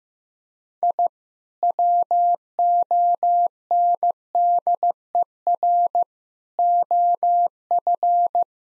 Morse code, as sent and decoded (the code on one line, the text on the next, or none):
.. / .-- --- -. -.. . .-. / --- ..-.
I WONDER OF